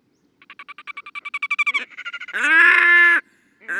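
Red-necked grebe making a quick series of clipped notes that grows louder, then a loud nasal wail lasting nearly a second, with another call starting at the end.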